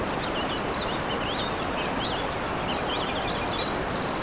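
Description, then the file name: Eurasian wren singing high, rapid twittering notes and a short trill over a steady rushing of running water. Recorded by a stream on 21 April 2015 using an MZ-N 710 recorder. "MZ-N 710 Troglodyte mignon ruisseau 21 04 15"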